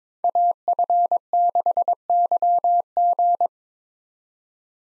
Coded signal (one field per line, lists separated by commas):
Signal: Morse code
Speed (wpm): 21 wpm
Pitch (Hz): 700 Hz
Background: none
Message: AF6YG